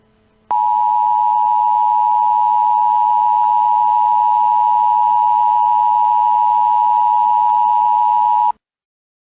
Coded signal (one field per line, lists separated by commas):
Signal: Emergency Alert System (SAME) tones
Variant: 853 and 960 Hz attention tone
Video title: EAS Mock: Peoria EF-4 Tornado